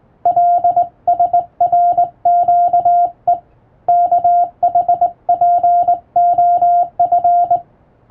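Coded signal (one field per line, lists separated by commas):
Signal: Morse code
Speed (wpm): 20 wpm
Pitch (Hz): 700 Hz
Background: radio noise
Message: LSRQE KHPOF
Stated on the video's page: Hand-keyed practice sending of international Morse telegram texts from a telegram practice book by a first-class radiotelegraph operator.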